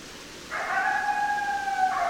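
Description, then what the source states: Coyote howl: a smooth, steady tonal note that runs from about half a second to the end, with a bright overtone that drops slightly near the end, over low hiss. Several coyotes, recorded 10 December 2012.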